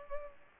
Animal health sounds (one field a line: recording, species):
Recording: mosquito wingbeat signal from an infrared sensor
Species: Culex pipiens